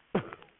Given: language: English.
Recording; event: throat vibration sensor signal played as sound; cough